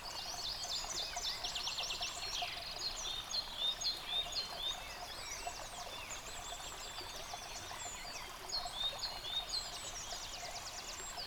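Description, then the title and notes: Birds singing in a dense chorus, overlapping trills and high whistled phrases throughout, over a steady rushing stream. Bird chorus recorded beside a stream at Dlouhý Důl, Krásná Lípa, Czechia, on a ZOOM H6 recorder. "Dlouhý Důl 14, 407 47 Krásná Lípa, Czechia - Ptáci a potok. Ptačí sněm snímaný u potoka.. nahráno na ZOOM H6"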